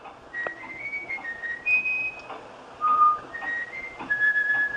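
A bullfinch whistles a folk song it was taught, in clear, pure notes that step between pitches, some short and some held, forming a simple melody. The whistles are moderately loud and there is no talking.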